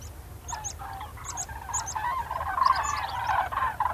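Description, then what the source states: Common crane calls: overlapping rolling, trumpeting notes from several birds that swell louder toward the end, with thin, high chirps mixed in. Autumn migration; cranes gathering on farm fields before setting off on migration.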